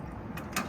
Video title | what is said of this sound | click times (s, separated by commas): 2019 SILVERSTAR 374BHS WALK THROUGH (BUNK HOUSE FIFTH WHEEL) 3 of 5 | you pull and lock into place. | 0.4 s, 0.6 s